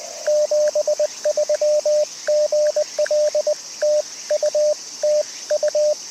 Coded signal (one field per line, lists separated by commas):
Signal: Morse code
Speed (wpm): 20 wpm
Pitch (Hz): 600 Hz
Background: radio noise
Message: 73 GL TU TU